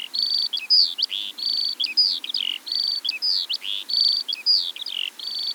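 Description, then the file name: Eurasian skylark song with buzzy trills, each followed by a few quick slurred chirps, the pattern repeating in a continuous high flow. Eastern Europe. "Stimmen der Natur aus Osteuropa - Feldlerche"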